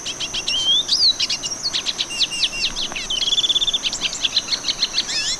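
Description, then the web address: Olivaceous siskin song: varied high twitters, slurred rising and falling whistles and a quick buzzy trill midway, over a steady high insect whine. Recorded in Ecuador. "Natures Songs S America Birds of Ecuador. Olivaceous Siskin"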